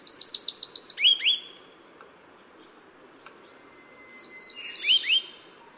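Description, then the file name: Taiwan yellow tit calls: a rapid run of high, thin descending notes followed by a few lower sliding chirps, the phrase repeated after a pause. "黃山雀"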